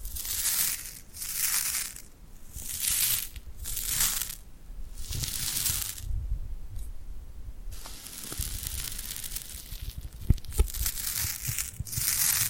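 Tingly glued hand sounds: sticky, crackling peels and rubs come in rhythmic bursts about once a second for the first six seconds, with short quiet gaps between them. After that the crackle turns continuous and denser, broken by a few sharp clicks near ten seconds.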